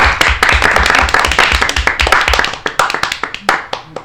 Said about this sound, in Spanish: Fantástico. Un aplauso